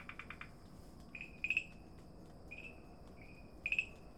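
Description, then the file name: Farmland green treefrog giving sparse short tonal notes, some doubled, after a brief rapid pulsed burst at the start. Recorded at Dalin on 30 May 2009. "090530 dalin farmland treefrog"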